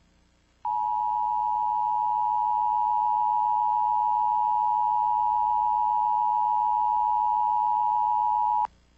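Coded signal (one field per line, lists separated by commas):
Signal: Emergency Alert System (SAME) tones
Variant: 853 and 960 Hz attention tone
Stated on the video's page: Mock severe thunderstorm warning, a recreation rather than a real alert.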